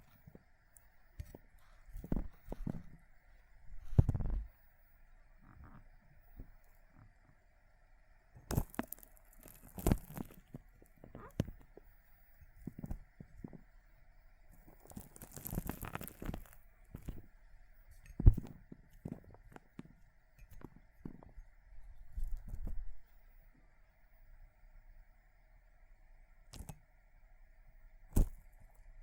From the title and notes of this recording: ASMR ONLY Crushing water beads sounds Visual Triggers for Relieving Stress (No Talking).